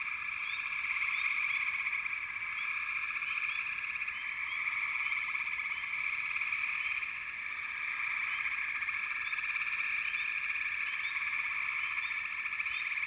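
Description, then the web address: Frogs in full chorus, a continuous trilling drone dotted with many quick upward chirps. "Sleep Sounds of Nature FROGS Frog Chourus"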